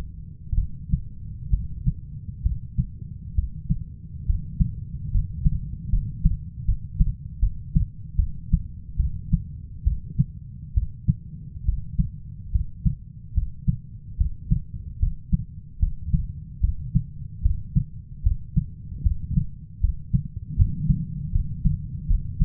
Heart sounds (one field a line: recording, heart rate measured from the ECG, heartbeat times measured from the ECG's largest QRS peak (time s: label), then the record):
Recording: heart sounds by stethoscope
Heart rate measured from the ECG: 72 bpm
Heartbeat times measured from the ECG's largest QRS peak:
0.55 s: heartbeat
1.50 s: heartbeat
2.42 s: heartbeat
3.35 s: heartbeat
4.26 s: heartbeat
5.11 s: heartbeat
5.90 s: heartbeat
6.65 s: heartbeat
7.40 s: heartbeat
8.16 s: heartbeat
8.97 s: heartbeat
9.84 s: heartbeat
10.74 s: heartbeat
11.65 s: heartbeat
12.52 s: heartbeat
13.34 s: heartbeat
14.17 s: heartbeat
14.99 s: heartbeat
15.79 s: heartbeat
16.61 s: heartbeat
17.42 s: heartbeat
18.23 s: heartbeat
19.03 s: heartbeat
19.81 s: heartbeat
20.56 s: heartbeat
21.32 s: heartbeat
22.07 s: heartbeat
From the record:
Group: healthy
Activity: rest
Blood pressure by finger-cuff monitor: 129/64 mmHg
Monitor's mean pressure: 83 mmHg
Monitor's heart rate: 73 bpm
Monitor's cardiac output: 6.2 L/min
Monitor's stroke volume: 84 mL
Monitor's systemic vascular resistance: 970 dyn s/cm5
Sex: female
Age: 37 years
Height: 168 cm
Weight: 70 kg